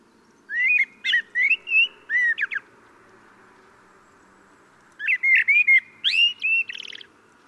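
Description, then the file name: Common blackbird singing two lively phrases of rich whistled notes, some rising and falling steeply. "Turdus merula"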